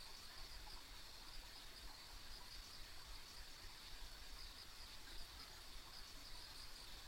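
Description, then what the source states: Insects in a steady high-pitched chorus, a continuous whining band with faint pulsing, over a low constant rumble. Ambient insect sounds recorded along a rural country road.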